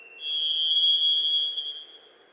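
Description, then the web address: Varied Thrush giving a single long, steady whistled note held at one high pitch, then fading. Western North America. "Dan Gibson Wildlife Identification By Sound, Western North America. Varied Thrush"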